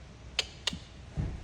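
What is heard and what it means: A torque wrench tightens a bolt again in the oil seal area of a Lamborghini Murcielago engine, giving two sharp metallic clicks at 0.4 s and 0.7 s as it reaches its setting. A duller low thud follows at about 1.2 s. The bolt is confirmed torqued.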